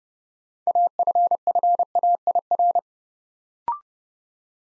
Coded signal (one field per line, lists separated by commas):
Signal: Morse code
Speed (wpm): 30 wpm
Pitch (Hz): 700 Hz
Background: none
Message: AFFAIR